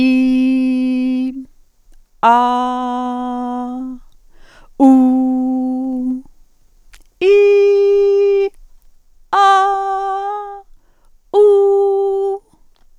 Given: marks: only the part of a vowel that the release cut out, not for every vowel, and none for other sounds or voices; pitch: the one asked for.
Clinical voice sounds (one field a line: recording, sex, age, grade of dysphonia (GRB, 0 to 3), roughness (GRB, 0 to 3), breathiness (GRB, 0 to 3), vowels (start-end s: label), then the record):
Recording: sustained vowels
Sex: female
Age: 60 to 69 years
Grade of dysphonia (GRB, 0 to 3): 2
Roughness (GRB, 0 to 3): 0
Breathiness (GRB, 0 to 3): 0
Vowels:
0.00-1.14 s: vowel /i/, normal pitch
2.60-3.67 s: vowel /a/, normal pitch
5.06-5.85 s: vowel /u/, normal pitch
7.46-8.25 s: vowel /i/, high pitch
9.67-10.26 s: vowel /a/, high pitch
11.50-12.21 s: vowel /u/, high pitch
From the record:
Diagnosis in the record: functional dysphonia, presbyphonia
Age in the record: 66 years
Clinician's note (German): Funktionelle Dysphonie + Vox senilis